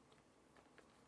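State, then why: Not seated. The top plastic shell of an OtterBox Defender rugged phone case is handled as it is pressed onto an HTC One X phone and the inner shell, meant to snap into place at each of the four corners. Faint handling sounds and two brief plastic ticks at about 0.6 and 0.8 seconds rise over a steady low background. Nothing has seated or clicked yet.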